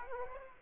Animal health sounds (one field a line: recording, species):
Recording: mosquito wingbeat signal from an infrared sensor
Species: Aedes aegypti